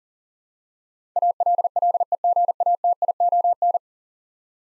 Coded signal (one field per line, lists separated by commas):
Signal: Morse code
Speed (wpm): 40 wpm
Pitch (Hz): 700 Hz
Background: none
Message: ALLEGATION